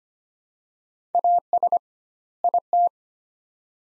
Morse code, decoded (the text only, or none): AS IT